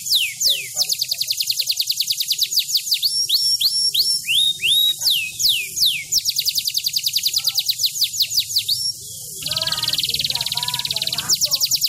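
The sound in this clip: Bird song of fast, repeated high downslurred whistles, delivered in dense rolling bursts with short pauses, and a buzzier chattering passage near the end.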